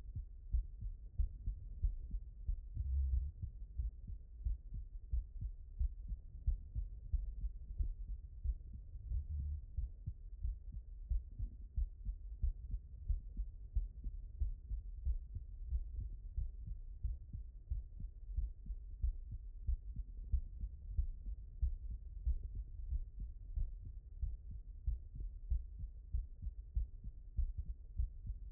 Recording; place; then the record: heart sounds by stethoscope; mitral valve (MV)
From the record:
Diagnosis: non-HFrEF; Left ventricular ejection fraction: 58%